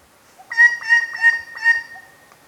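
White-bellied treepie giving four harsh, nasal notes in quick succession, each with ringing overtones, trailing into a steady held tone, with a faint soft note before and after.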